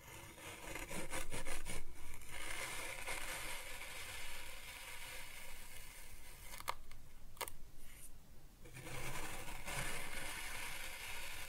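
Kinetic sand is cut and scooped with a steady gritty rasping and rubbing, broken by a few sharp clicks near the middle.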